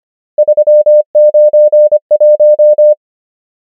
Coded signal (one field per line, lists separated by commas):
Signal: Morse code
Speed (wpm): 25 wpm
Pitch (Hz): 600 Hz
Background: none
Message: 3 9 1